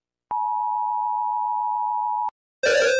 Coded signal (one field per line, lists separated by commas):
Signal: Emergency Alert System (SAME) tones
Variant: 853 and 960 Hz attention tone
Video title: Mr Incredible Becoming Uncanny (EAS Alarms)